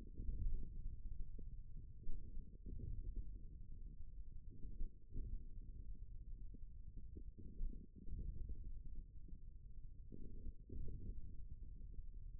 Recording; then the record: forearm muscle sounds (acoustic myography)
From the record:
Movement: wrist flexion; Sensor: system 1, eight BSWA MPA416 microphones around the upper forearm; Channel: 7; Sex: male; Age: 41 years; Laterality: right